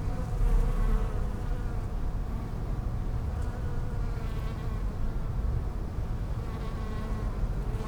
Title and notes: Hôpital Brugmann, Place Arthur Van Gehuchten, Bruxelles, Belgique - bees in the palliative care services garden. Bees in the lavender from the palliative care service's garden. Abeilles dans la lavande, jardin du service de soins palliatifs